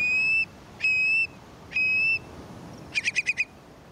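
Long-billed Curlew calling with three clear whistles, each held level, followed by a quick run of five short clipped notes on one pitch.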